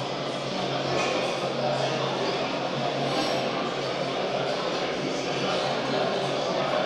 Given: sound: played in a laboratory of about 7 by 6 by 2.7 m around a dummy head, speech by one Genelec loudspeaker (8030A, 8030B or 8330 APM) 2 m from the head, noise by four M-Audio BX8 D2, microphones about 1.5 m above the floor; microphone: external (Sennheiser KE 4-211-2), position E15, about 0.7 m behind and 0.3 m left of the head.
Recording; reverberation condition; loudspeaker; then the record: cafeteria noise; high; four, about 170 cm from the corners of the room and facing them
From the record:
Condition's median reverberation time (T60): about 1300 ms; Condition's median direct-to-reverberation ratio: about -4.0 dB